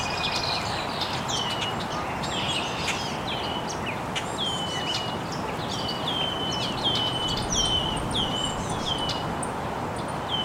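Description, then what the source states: Birds chirping, a series of high downslurred notes repeated steadily, with other faint twitters behind and a continuous hiss. Birds chirping very early in the morning in an estuary.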